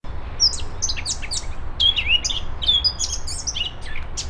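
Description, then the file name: Eurasian blackcap song: quick scratchy warbling mixed with clear whistled notes, delivered in a busy stream over low rumbling noise. "Sylvia atricapilla"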